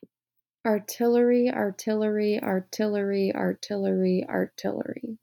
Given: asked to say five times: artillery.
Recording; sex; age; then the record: repeated word; female; 20 to 29 years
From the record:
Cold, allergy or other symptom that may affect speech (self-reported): no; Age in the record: 28 years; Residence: Florida, United States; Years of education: 17